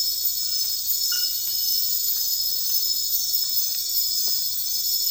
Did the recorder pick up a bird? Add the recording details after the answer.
no. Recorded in dense forest near Puerto Asís, Putumayo, Colombia, on 18 February 2024 at 03:00. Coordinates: 0.496, -76.326. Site G6383